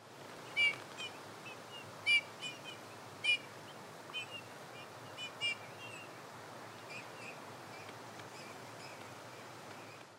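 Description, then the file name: Eurasian bullfinch giving several short call notes at irregular intervals over a steady background hiss. "Pyrrhula pyrrhula"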